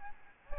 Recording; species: mosquito wingbeat signal from an infrared sensor; Aedes albopictus